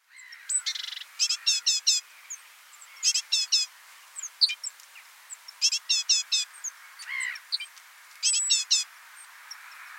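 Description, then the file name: Great tit giving buzzy four-note bursts every two to three seconds, with scattered faint high ticks and a short lower chirp. "Parus major"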